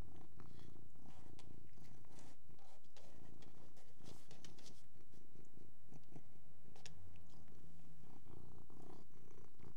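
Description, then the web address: Persian cat purring, a steady low rumble mixed with repeated crisp chewing and mouth clicks while feeding. "BBC Sound Effects Library. Persian Cat Eating And Purring"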